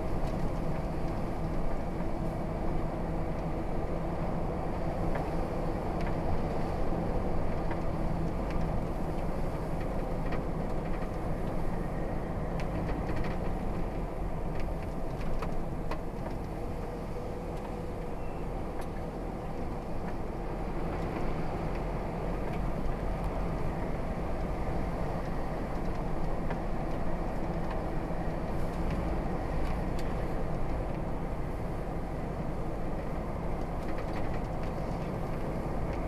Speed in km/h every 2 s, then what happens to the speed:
48, 47, 48, 45, 45, 40, 35, 34, 32, 34, 39, 45, 48, 47, 45, 44, 44, 44.
0-9 steady at about 47. 9-16 slows to 32. 16-24 speeds up to 48. 24-36 steady at about 44.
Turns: none.